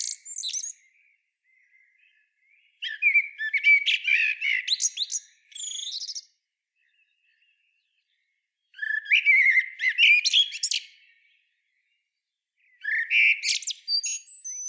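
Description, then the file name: Common blackbird song: bursts of mellow fluted warbling ending in squeaky twittering, separated by pauses of a few seconds. "Turdus merula"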